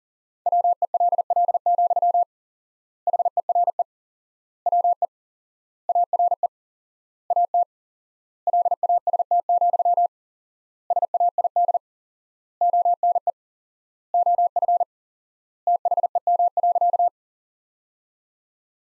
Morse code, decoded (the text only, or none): WELL, HERE WE ARE AT LAST, SAID ONE OF THEM.